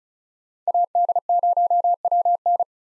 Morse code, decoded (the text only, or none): AD0WN